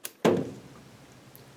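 The steel driver bit is released from the quarter-inch hex quick-release chuck of a RIDGID Gen5X Stealth Force 18V brushless oil pulse driver, model R86036K, when its collar is grabbed and pushed. A sharp click at 0.1 s is followed by a louder hit at 0.3 s that rings out, then a faint tick near 1.4 s. The bit pops out of the chuck.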